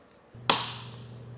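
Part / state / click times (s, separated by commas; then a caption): roof rack tower clamp bolt tightened with included torque tool / torque reached / 0.5 s. A second clamp bolt on a Yakima TimberLine roof rack tower on a 2024 Kia Telluride is tightened with the included torque-limiting tool until it clicks at its set torque. A low steady hum comes in at about 0.3 s, then a single sharp, bright click at 0.5 s rings out and fades over the next half second. The tool's click confirms the bolt has reached its torque setting.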